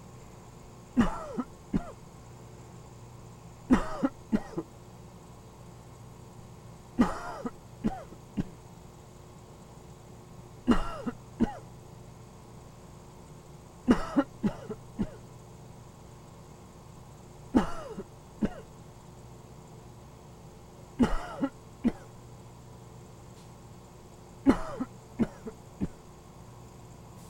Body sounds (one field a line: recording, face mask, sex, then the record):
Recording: voluntary coughing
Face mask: surgical mask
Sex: male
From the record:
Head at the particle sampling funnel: turned sideways, cheek in front of it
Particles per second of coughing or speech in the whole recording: 3.84